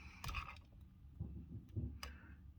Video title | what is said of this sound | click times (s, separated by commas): Part 11 Tamiya TT02D build #Tamiya #tt02 #1stRCbuild | you'll definitely hear that snap | 2.0 s